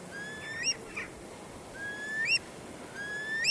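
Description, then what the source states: Eurasian curlew calls: three clear rising whistles over a soft background hiss. Heard on the coast of West Donegal; once commonplace but now rare, reflecting a decline in bird numbers.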